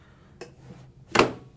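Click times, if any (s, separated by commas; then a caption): 1.2 s. A tray is slid onto the armrests of a Leckey PAL activity chair, with a soft knock at about 0.4 s as it goes on. At 1.2 s there is a sharp, firm click as its small latches lock onto the stud on each armrest, seating the tray securely.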